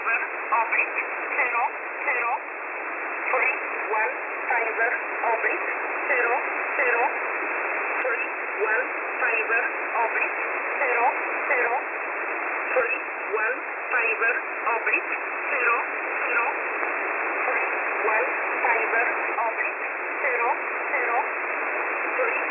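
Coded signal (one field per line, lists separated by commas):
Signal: numbers station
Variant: E11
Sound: faint spoken voice reading words under heavy hiss and static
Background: radio static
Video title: E11 Oblique 15/12/2022 1300 UTC 4909kHz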